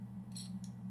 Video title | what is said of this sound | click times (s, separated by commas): Montage sur casque GoPro Hero 10 sans collage | et se clipse et du coup votre batterie ne peut plus tomber mais par contre vous perdez l'étanchéité de | 0.4 s, 0.6 s